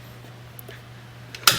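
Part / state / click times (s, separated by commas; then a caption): folding latch of hitch bike rack / seated / 1.5 s. A Hollywood Racks Sport Rider SE platform hitch bike rack for two electric bikes, mounted on a 2022 Chrysler Pacifica, is folded up after both release handles are pulled. Over a steady low hum, faint ticks come at 0.6 s and 1.4 s, then a sharp, loud metallic click at 1.5 s as the steel folding latch locks into place. The rack is seated in its folded position.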